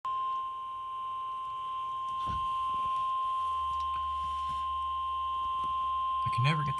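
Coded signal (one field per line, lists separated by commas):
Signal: Emergency Alert System (SAME) tones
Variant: 1050 Hz attention tone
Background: speech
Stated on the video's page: Flash flood warning for Berks, Chester and Montgomery counties, Pennsylvania, from NWS Mount Holly, received on NOAA Weather Radio and FM radio.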